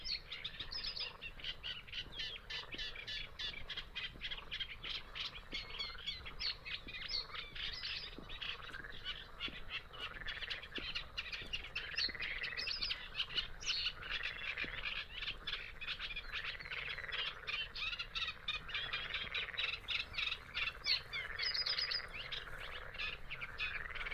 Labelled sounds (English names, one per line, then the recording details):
Great Bittern
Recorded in the wild
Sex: male
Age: adult
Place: Kützerhof, Kummerower See, Mecklenburg-Vorpommern, DE
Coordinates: 53.8556, 12.8628
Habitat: wetland
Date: 2010-06-10
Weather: 15°C, almost no wind
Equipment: Sound Devices 702, Sennheiser MKH 70, Rycote Windschutz
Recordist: Frommolt, Karl-Heinz